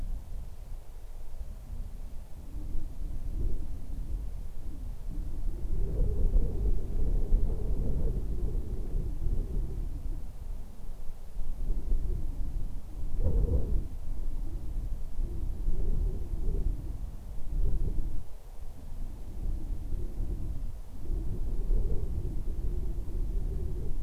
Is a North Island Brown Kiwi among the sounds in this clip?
no